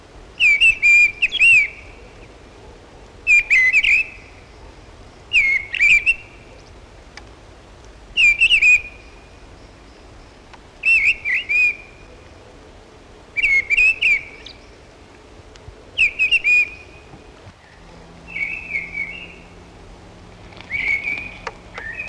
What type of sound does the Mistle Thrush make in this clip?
song